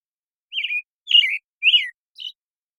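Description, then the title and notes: American Robin caroling: four whistled phrases about half a second apart, the last short and higher, with no other sounds. Morning song in a very long sequence, Pacific Northwest, Washington, United States; parabolic microphone recording, processed clean for clarity with natural pacing and rhythm kept. "American Robin, Turdus migratorius, morning song, very long sequence, parabolic recording, processed clean for clarity, natural pacing and rhythm maintained, family Thrushes and Allies, order Passeriformes Recorded in the beautiful Pacific Northwest, Washington, United States"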